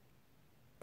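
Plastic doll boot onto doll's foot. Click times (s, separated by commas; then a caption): 0.8 s. A small plastic boot is pushed onto a fashion doll's foot. Quiet low background noise runs until a sharp snap at 0.8 seconds as the boot seats onto the foot and fits.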